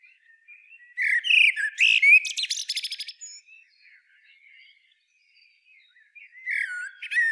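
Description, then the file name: Eurasian blackbird singing a rich warbled phrase with flute-like notes and a high twittery ending. After a pause, another whistled phrase starts. "Turdus merula"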